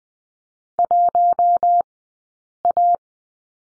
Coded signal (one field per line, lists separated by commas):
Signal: Morse code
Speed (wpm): 20 wpm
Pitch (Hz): 700 Hz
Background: none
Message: 1A